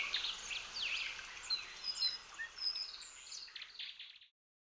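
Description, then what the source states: Birdsong of high chirps and long thin whistles over soft background hiss, cutting off abruptly before the end into silence. Calm birdsong.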